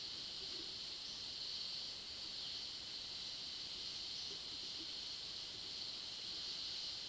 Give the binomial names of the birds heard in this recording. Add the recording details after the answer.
none. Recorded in pastures near Puerto Asís, Putumayo, Colombia, on 19 February 2024 at 16:00. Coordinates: 0.497, -76.327. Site G7276